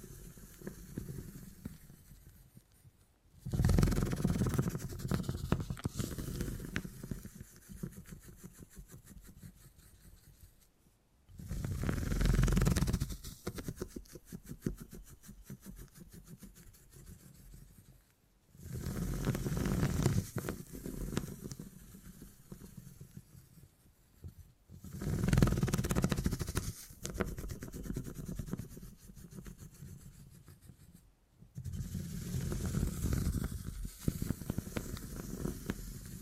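Beeswax is pressed and rubbed in slow repeated passes, each lasting about five to six seconds with short pauses between. The sound is a dense, crackly, sticky rustle with a soft low rumble, swelling and fading with each stroke in a fairly regular rhythm.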